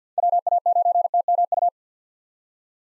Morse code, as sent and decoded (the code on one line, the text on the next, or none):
.-- .- ----. - -- ..-
WA9TMU